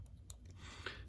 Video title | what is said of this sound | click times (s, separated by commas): Beast Wars Claw Jaw | in there pops into place on the little tab | 0.3 s